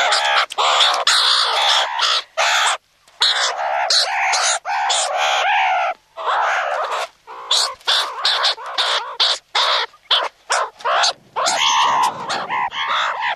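Meerkat chattering: dense runs of harsh, harmonic calls in rapid bursts, broken by brief pauses.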